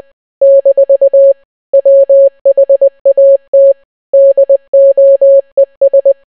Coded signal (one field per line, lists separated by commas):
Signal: Morse code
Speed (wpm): 20 wpm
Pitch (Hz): 550 Hz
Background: none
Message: - WHAT DOES